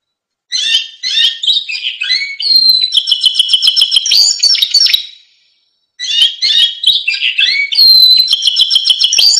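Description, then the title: Canary singing two long phrases of rapid chirps, clear whistles and quick trills, with a short gap between them. Canary singing prolifically (gacor) with a full, varied song, used as masteran (training audio) for caged lovebirds, white-rumped shamas, canaries and greater green leafbirds. "Masteran Kenari Gacor Full Isian Untuk Lovebird, Murai Batu, Kenari, Cucak Ijo"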